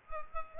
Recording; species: mosquito wingbeat signal from an infrared sensor; Culex pipiens